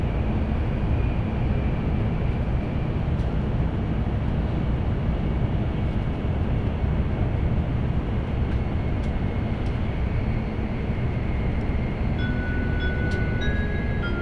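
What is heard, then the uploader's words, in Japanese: A continuous, dense rumble fills the cabin of a bullet train running between stations, steady and heavy in the low end throughout. Faint clicks and brief high tones surface now and then, and a thin whine appears near the end. 東海道新幹線 名古屋→豊橋 こだま号自由席。14号車に乗車しました。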